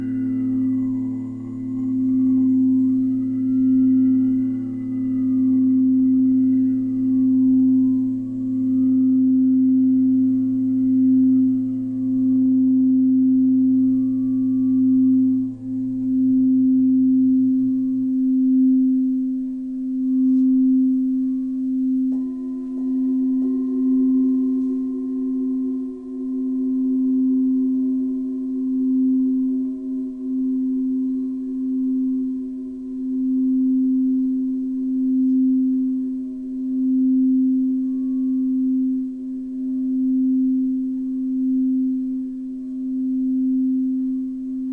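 Tibetan singing bowls hum in a steady, unbroken low-mid tone that pulses gently throughout. A deeper drone sits beneath it for the first eighteen seconds, then falls away; around twenty-two seconds, higher sustained tones join in and hold to the end.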